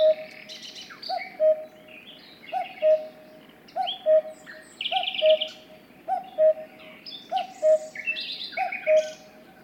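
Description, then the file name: Cuckoo giving steady two-note falling cu-ckoo calls, about eight in a row a little over a second apart, while other songbirds twitter busily. "minutes of cuckoos"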